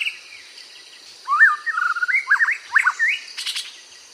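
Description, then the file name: White-rumped shama singing one brief phrase of fluty, swooping whistles that bend up and down, ending in a few dry clicks, with faint high hiss behind. "White Rumped Shama bird song"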